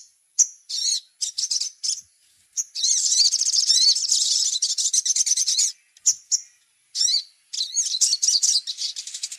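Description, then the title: Little spiderhunter song: short high chip bursts, then a sustained rapid trill lasting about three seconds, followed by more clipped chattering phrases. Masteran, a training recording of the song. "Masteran Burung Sogok Ontong Labaik"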